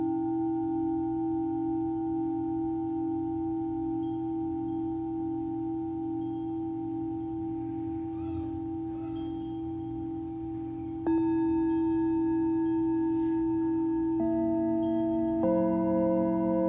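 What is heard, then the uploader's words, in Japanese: A Tibetan singing bowl hums with a steady, ringing tone under faint low rumble, joined by sanukite. Around 11 seconds a new bright strike adds a higher, louder tone, and further strikes near 14 and 15.5 seconds layer more ringing pitches that sustain to the end. シンギングボウルのサウンドヒーリング。チベタンシンギングボウルとサヌカイト。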